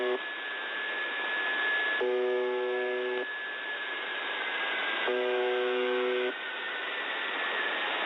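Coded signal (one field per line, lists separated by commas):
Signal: channel marker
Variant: UVB-76 (The Buzzer)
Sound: three harsh low buzzes, each about a second long, repeating over hiss with a faint steady whine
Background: radio static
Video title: Weird Sounds on The Buzzer, XM Whales Oddity, 4.625 USB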